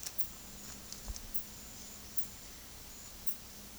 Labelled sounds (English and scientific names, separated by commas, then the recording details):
none
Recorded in secondary vegetation near Puerto Asís, Putumayo, Colombia, on 20 February 2024 at 13:30
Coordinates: 0.468, -76.324
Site G6381